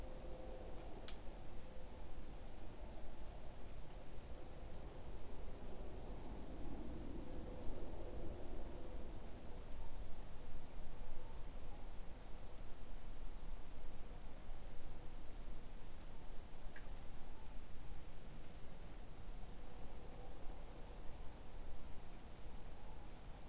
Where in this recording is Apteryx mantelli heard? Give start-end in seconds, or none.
none